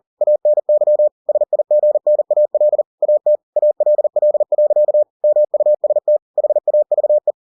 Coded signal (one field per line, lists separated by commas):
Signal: Morse code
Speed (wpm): 40 wpm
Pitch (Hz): 600 Hz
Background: none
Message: ANY SIGNAL AT ALL. MUST HAVE